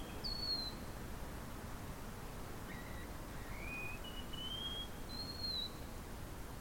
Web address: Wallcreeper. صدای-پرنده-دیوارخزک